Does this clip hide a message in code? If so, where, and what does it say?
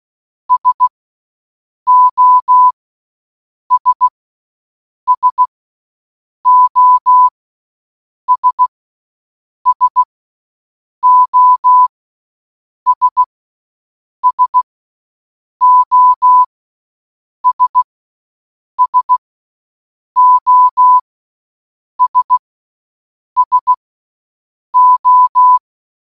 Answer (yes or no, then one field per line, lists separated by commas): yes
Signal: Morse code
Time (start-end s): 0.5-25.6 s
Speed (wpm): 16 wpm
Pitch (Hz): 1000 Hz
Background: none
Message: SOS SOS SOS SOS SOS SO